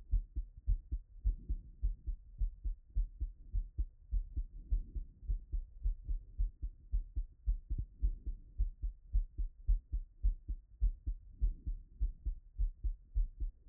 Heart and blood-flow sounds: heart sounds by stethoscope; Erb's point; 106 bpm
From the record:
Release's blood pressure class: hypertension stage 1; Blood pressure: 136/71 mmHg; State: after exercise

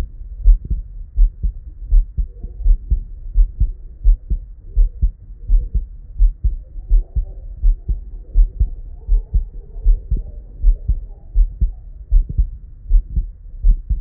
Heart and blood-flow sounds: heart sounds by stethoscope; Erb's point; 81 bpm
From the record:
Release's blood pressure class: hypertension stage 1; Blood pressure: 131/67 mmHg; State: at rest

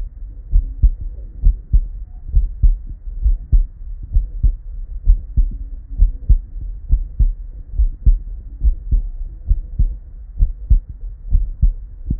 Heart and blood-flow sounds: heart sounds by stethoscope; Erb's point; 66 bpm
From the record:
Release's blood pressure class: normal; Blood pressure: 116/74 mmHg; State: at rest

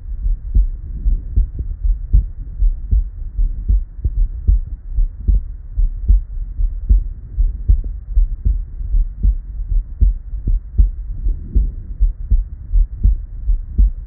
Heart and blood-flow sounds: heart sounds by stethoscope; Erb's point; 76 bpm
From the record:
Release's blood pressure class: normal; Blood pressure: 106/68 mmHg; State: at rest

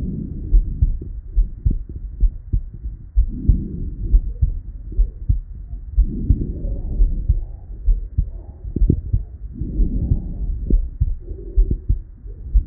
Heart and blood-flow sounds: heart sounds by stethoscope; Erb's point; 64 bpm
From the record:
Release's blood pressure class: elevated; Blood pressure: 125/75 mmHg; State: at rest

